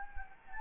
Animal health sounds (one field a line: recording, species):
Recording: mosquito wingbeat signal from an infrared sensor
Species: Anopheles gambiae